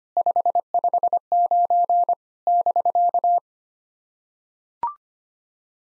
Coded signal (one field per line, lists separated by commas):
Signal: Morse code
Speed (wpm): 25 wpm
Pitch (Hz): 700 Hz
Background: none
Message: 559 <BK>